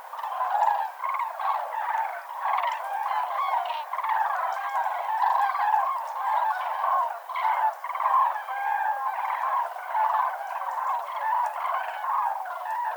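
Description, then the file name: Common crane flock giving a steady wall of overlapping bugling calls, swelling and dipping in loudness in waves over the whole stretch. Several common cranes at the Villeneuve viewpoint, Arjuzanx, France. "grues cendrees Vision de Villeneuve Arjuzanx F"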